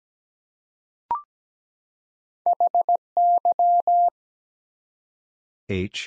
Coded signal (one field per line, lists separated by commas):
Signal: Morse code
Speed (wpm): 17 wpm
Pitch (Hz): 700 Hz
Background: none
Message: HY